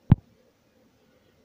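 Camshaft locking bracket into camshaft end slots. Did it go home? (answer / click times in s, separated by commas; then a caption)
yes / 0.1 s. A homemade metal camshaft locking bracket is inserted into the camshaft end slots on a Renault engine. A single sharp, low-pitched hit at 0.1 s marks the bracket seating in the cam slots, followed by near silence. The bracket locks in place.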